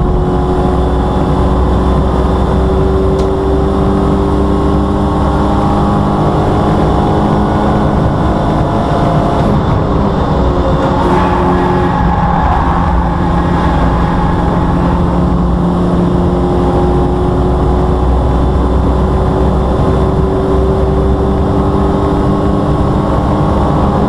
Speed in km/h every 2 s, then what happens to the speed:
135, 140, 147, 151, 155, 130, 124, 129, 134, 138, 142, 145.
0-8 speeds up to 155. 8-12 brakes to 124. 12-24 speeds up to 145.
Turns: 9-15.